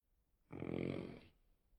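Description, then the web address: Horse grunt: one harsh, breathy, snorting grunt lasting under a second, with quiet before and after. A single angry grunt from a horse. "Tom Hutchings Nature Animal Horse Angry Grunt Single"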